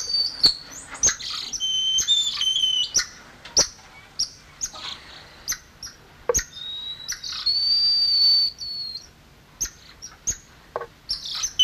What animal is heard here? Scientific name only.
Leontopithecus rosalia